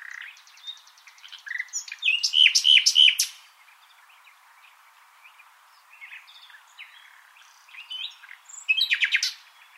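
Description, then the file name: Common nightingale song: a fast rattle, then loud repeated whistled notes, a quiet stretch of soft calls, and a final intense burst. "Luscinia megarhynchos"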